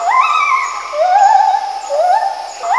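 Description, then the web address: Gibbon calls: long, wavering whistled notes that rise and fall, repeated several times. "Zero-G Ambient 1 PRIMATES GIBBONS"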